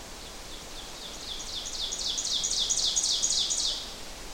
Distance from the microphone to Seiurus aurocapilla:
about 30 m